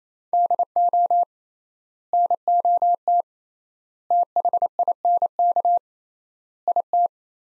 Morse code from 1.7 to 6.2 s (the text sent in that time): NOT THINK